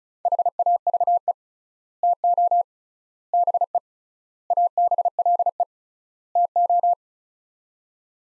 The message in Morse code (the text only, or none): HAVE TO BE ABLE TO